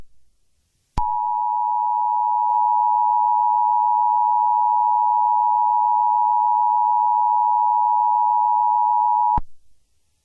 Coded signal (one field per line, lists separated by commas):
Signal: Emergency Alert System (SAME) tones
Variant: 853 and 960 Hz attention tone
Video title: EAS #2: Severe Thunderstorm Warning for Campbell and Scott County TN 4/8/21